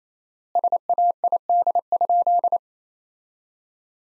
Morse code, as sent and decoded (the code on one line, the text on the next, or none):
... .- .. -.. ..--..
SAID?